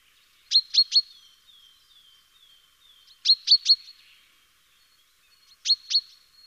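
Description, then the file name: Common chaffinch giving sharp, high clicking bursts of two or three notes, repeated about every two and a half seconds, with faint thin notes between. "Fringilla coelebs"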